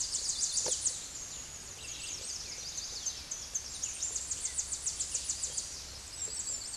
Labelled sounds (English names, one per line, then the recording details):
Tennessee Warbler song
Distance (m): 35 m
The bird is about 30 m above the microphone
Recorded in a Pennsylvania forest on 16 May 2024 at 09:58
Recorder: AudioMoth, point MSD-1293
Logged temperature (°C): 12.0 °C
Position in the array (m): 64 m, 171 m